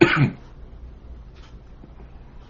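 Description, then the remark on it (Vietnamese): A speaker lets out a single short, harsh cough at the very start, brought on by the cold and running the heater, then it fades into a low, quiet background hum with no talking. “Các vị cảm thông, về bên đây nó lạnh quá rồi, bắt cái máy nóng cho nên bây giờ nó ho.”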